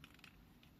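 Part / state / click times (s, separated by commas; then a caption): window switch button cap onto switch body / not seated / none. A replacement power-window switch button cap for a Renault Scénic 3 is handled against its plastic switch body, with faint small plastic ticks and rustling over a low background hum. Nothing has seated or clicked yet, as the clip ends before the button is pressed home.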